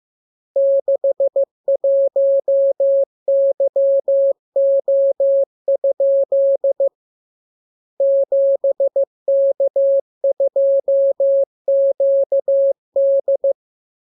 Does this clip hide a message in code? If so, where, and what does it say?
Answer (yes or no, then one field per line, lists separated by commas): yes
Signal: Morse code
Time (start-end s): 0.6-13.5 s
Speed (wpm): 15 wpm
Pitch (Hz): 550 Hz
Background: none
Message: 61YO? 7K2QD